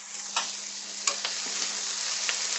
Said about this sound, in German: Was ist eigentlich mit meinem Salat, der da vor sich hin brutzelt?